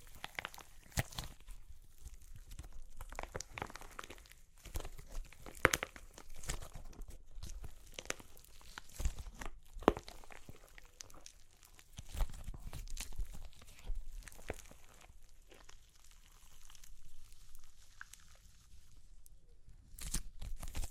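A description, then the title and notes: Crunchy clay cracks and crumbles in a dense, irregular stream of small snaps and crinkles. Sharper, louder cracks stand out near 1, 5.5, 10 and 20.5 seconds, while the quieter gritty crackling between them rises and falls without settling into a rhythm. Super Crunchy Clay Cracking (No Talking).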